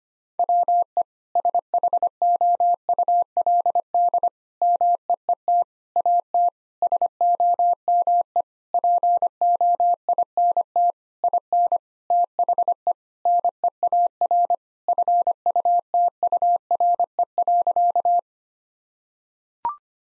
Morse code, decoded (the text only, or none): WE SHOULD MEET AT SOME POINT IN THE NEAR FUTURE.